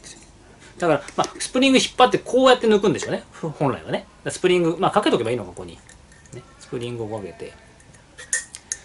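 While refitting the headlight bulb on a TS185ER motorcycle, someone talks as the metal wire retaining spring is hooked back over its catch in the headlight bulb holder. The spring snaps into place with sharp clicks at 8.3 s and 8.7 s, and it is seated.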